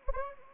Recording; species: mosquito wingbeat signal from an infrared sensor; Anopheles arabiensis